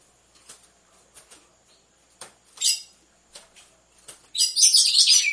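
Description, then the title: Red-cowled cardinal, scattered ticks and a buzzy note, then a dense burst of rapid high twittering song at the end. Female song, used to warm up or stimulate males; set with the beat of two males. "Canto Galo Campina Fêmea. ESQUENTE GALO DE CAMPINA COM BATIDA DE DOIS MACHOS"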